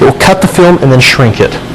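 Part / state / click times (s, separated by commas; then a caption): sealing hood onto shrink wrap machine base / not seated / none. The sealing hood of a Minipack Galaxy compact shrink wrap machine is handled before being pulled down onto the machine base, where it locks into place on magnetic lock-downs before the machine cuts and shrinks the film. Only someone talking is heard throughout the short clip. Nothing has seated or clicked yet.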